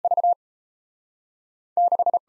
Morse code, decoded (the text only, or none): V6